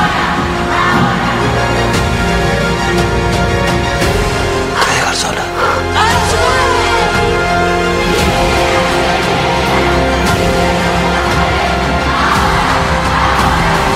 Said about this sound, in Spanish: Escuchen, porque esos gritos no van a parar.